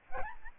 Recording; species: mosquito wingbeat signal from an infrared sensor; Aedes albopictus